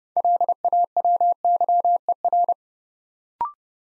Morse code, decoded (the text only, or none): LAWYER